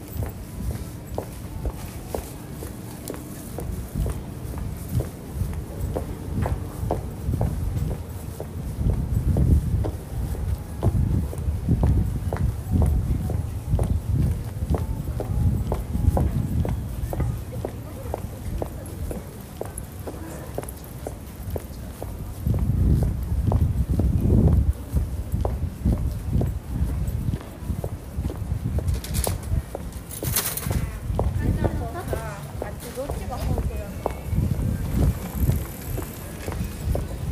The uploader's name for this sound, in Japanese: 帰宅商店街